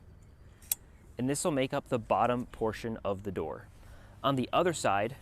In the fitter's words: so our hinge will snap right into place